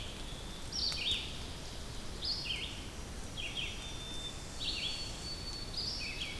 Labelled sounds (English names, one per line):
Red-eyed Vireo song